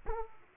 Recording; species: mosquito wingbeat signal from an infrared sensor; Aedes aegypti